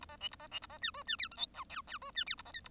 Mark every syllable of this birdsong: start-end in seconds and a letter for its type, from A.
0.01-0.05 A, 0.09-0.17 B, 0.21-0.28 C, 0.31-0.36 A, 0.40-0.47 B, 0.51-0.59 C, 0.62-0.67 A, 0.70-0.78 B, 0.81-0.91 D, 0.94-1.03 E, 1.07-1.16 D, 1.18-1.28 F, 1.31-1.37 G, 1.37-1.47 H, 1.54-1.64 I, 1.70-1.81 J, 1.87-1.98 J, 2.02-2.11 E, 2.15-2.24 D, 2.26-2.35 F, 2.37-2.42 A, 2.45-2.52 B, 2.53-2.61 K, 2.64-2.68 A